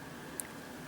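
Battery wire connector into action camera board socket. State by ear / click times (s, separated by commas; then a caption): seated / 0.4 s. A plastic Molex battery wire connector, which only fits one way, is pressed into its board socket inside a Mobius action camera during a battery upgrade. It snaps in with a sharp, short click at 0.4 s over a steady low hiss, and a fainter tick follows at 0.9 s. The connector is seated.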